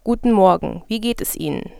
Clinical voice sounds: spoken sentence; German; female; 20 to 29 years; 0; 0; 0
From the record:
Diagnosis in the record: healthy voice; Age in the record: 21 years

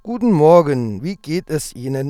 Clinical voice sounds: spoken sentence; German; male; 30 to 39 years; 1; 1; 0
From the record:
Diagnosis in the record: healthy voice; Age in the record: 37 years

